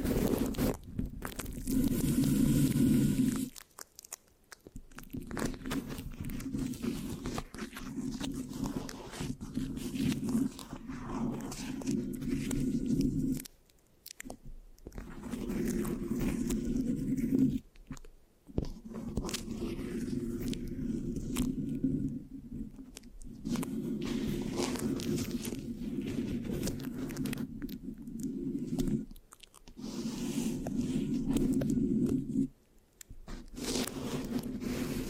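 Mic scratching fills the clip in long continuous stretches, a dense rasping rub centered low with crackly, sticky detail above. Brief silent gaps break it up around 4, 14, 18, 23, 29 and 33 seconds before the scratching resumes. No talking is heard.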